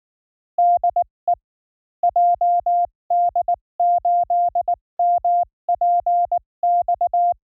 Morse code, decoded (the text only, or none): DE JD8MPX